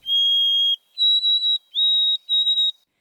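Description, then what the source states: White-throated sparrow song: a long pure whistled note, then three higher, slightly wavering whistles, clear and steady with no other sounds. Clear, pipe-like song.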